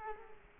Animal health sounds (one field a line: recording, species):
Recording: mosquito wingbeat signal from an infrared sensor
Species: Culex quinquefasciatus